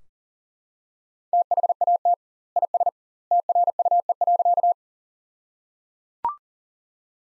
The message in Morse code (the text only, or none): THAT IS TRUE.